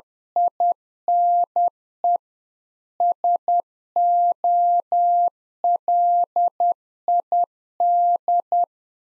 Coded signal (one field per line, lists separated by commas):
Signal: Morse code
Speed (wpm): 10 wpm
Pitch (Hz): 700 Hz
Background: none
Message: INE SOLID